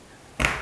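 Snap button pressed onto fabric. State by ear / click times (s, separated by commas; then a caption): seated / 0.4 s. A metal snap (pressure) button is pressed hard in a setting tool onto fabric. After near silence, a sharp click at 0.45 s rises suddenly and fades over the rest of the clip. The snap clicks home and the button is set.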